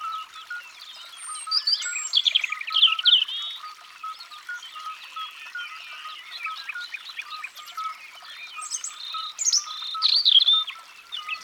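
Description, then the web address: European robin singing a varied, liquid warble of thin high whistles and trills in short bursts, with a faint steady lower note pulsing underneath throughout. "Rougegorge-familier abc-de-la-nature"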